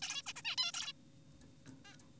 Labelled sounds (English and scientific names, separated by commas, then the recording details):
Zebra Finch (Taeniopygia guttata)
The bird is an adult
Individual g4p5U